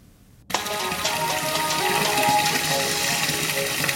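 After a brief silence, water starts pouring abruptly in a loud, steady rushing stream that keeps going without a break, with no voices over it.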